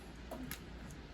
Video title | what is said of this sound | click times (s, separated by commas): DIY: How To Replace a Water Inlet Valve on a Whirlpool Washing Machine | gonna set that back in there clicks into place | 0.5 s